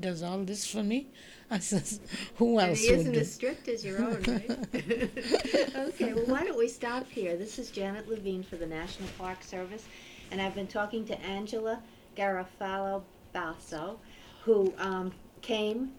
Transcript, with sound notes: He does all this for me. I says who else would do.
And he isn't as strict as your own, right? ( they laugh ) Okay. Well, why don't we stop here. This is Janet Levine for the National Park Service, and I've been talking to Angela Garofalo Basso, who came